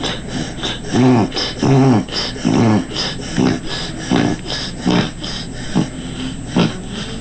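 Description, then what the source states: Dog reverse sneezing: rasping, honking inward snorts in quick succession, strongest early on and fading into shorter snuffles. Another dog reverse sneezing, drawing air in through the nose with mouth closed.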